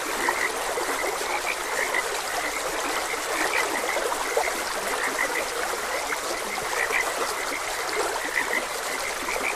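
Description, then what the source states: Frogs calling in a busy, unbroken croaking chorus of short overlapping notes, accompanied by the steady rush of a stream. Frogs croaking beside a gentle stream.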